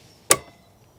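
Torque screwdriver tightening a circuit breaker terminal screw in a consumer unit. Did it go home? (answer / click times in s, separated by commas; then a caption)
yes / 0.3 s. A torque screwdriver set to 2.3 Nm tightens an RCBO terminal screw in a consumer unit. Its clutch gives a single sharp click at 0.3 s, which quickly fades over quiet background. The click confirms the screw has reached the set torque.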